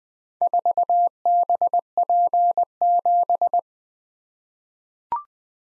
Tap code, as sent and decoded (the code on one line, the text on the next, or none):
none